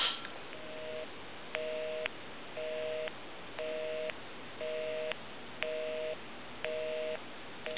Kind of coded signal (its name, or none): telephone call progress tone